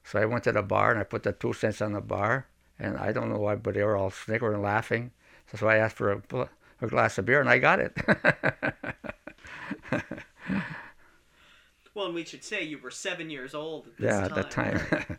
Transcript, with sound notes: So I went to the bar and I put the two cents on the bar and I don't know why but they were all snickering and laughing, so I asked for a glass of beer and got it! (he laughs)
Well, we should say you were seven years old at this time.
Yeah, at that time.